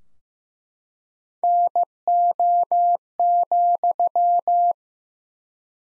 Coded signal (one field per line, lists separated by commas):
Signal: Morse code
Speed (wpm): 15 wpm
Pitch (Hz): 700 Hz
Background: none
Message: NO,